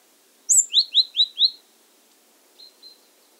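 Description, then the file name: Great tit call: a high thin note followed by four quick metallic notes, then two soft short notes after a pause. "Parus major"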